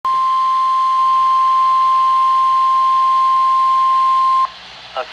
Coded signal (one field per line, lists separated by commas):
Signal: Emergency Alert System (SAME) tones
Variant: 1050 Hz attention tone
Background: speech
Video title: Severe Weather Statement (EAS #170)